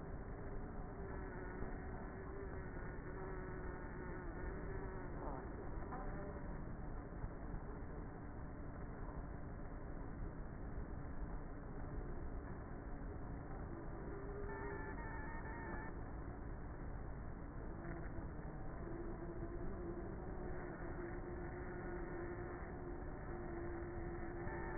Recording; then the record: honeybee colony, microphone inside the hive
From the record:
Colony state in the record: queenless with a low population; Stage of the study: before two queens were removed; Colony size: about 30,000 bees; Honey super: no